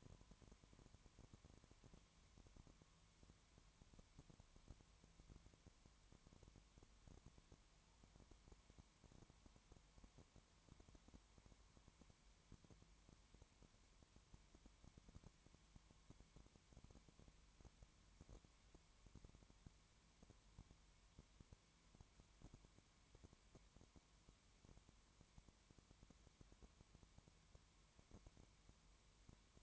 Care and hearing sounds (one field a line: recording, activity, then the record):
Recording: daily activity, microphone in the room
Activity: no activity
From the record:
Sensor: 3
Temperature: 20.1 degrees Celsius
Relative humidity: 31.4%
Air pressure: 1001.3 hPa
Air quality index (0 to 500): 75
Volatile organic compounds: 1 ppm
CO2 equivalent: 700 ppm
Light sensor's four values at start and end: 2/3/2/2 and 2/3/2/2